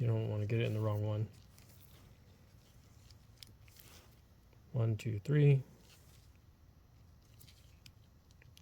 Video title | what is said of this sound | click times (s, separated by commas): 88-91 Prelude K-Series Swap Adapter Harness Install Instructions | You'll hear and feel a little click. | 7.9 s